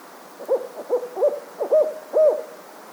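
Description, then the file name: Fulvous owl hooting call: five short, rounded, mellow hoots in quick succession, each slightly rising then falling, the last one longest and loudest, over faint background hiss. Recorded at S M Papalo. "Strix fulvescens S M Papalo"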